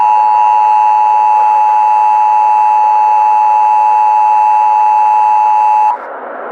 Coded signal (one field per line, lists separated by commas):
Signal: Emergency Alert System (SAME) tones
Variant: 853 and 960 Hz attention tone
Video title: Jeepers creepers EAS scenario